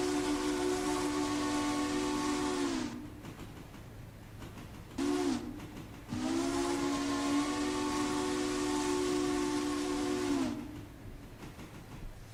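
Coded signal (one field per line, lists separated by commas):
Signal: train horn signal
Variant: steam locomotive whistle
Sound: steam whistle blowing one long, one short, then one long blast, with hiss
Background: steam hiss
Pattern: 1 long, 1 short, 1 long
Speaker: I saw the whistle signal I had to do it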